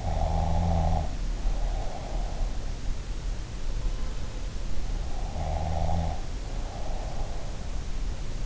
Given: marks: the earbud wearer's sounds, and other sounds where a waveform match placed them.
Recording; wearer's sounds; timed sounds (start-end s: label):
sounds in sleep by an in-ear microphone; snoring breath
0.00-2.28 s: snoring breath
5.24-7.32 s: snoring breath